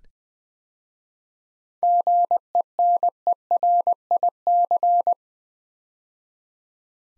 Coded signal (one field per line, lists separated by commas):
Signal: Morse code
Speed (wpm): 20 wpm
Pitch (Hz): 700 Hz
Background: none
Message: GENERIC